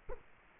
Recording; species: mosquito wingbeat signal from an infrared sensor; Culex quinquefasciatus